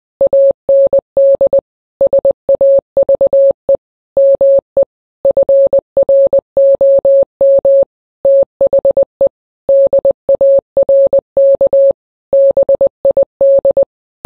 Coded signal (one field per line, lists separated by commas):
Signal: Morse code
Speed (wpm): 20 wpm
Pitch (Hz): 550 Hz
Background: none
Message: AND SAVE ME FROM THE DARK BID